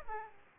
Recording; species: mosquito wingbeat signal from an infrared sensor; Aedes aegypti